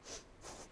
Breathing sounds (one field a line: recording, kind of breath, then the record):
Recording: one breath in and out by a microphone near the nose and mouth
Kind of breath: strong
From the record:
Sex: female